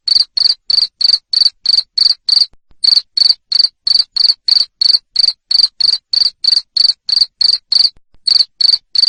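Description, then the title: Cricket sounding rapid, piercing chirps at an even rhythm, roughly three a second, interrupted by two brief gaps. Loud cricket chirping played to make lovebirds sing continuously. "Suara JANGKRIK NGERIK Keras Bikin LOVEBIRD Jadi NGEKEK Terus"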